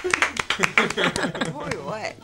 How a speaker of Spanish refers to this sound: Un aplauso.